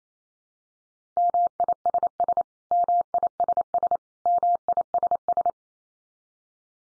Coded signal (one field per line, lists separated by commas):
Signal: Morse code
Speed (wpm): 28 wpm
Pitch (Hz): 700 Hz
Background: none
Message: MISS MISS MISS